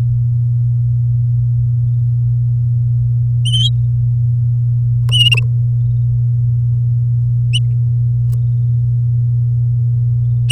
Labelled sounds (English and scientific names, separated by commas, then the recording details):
Domestic Canary (Serinus canaria) song
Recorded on 11 May 2018 at 06:34
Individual llb16